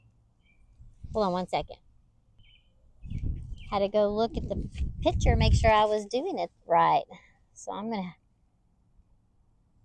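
A plastic barbed drip irrigation coupler is being handled at a punched hole in the main irrigation supply tubing while someone talks. Faint handling noises sit under the speech. The clip ends before the coupler goes in, so nothing has seated or popped yet.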